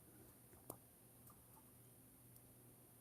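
A metal earring's hinged snap-back is closed into its catch, giving one sharp, bright click at 0.7 s over a low steady hum, with a fainter tick at 2.4 s. The snap closure shuts and seats.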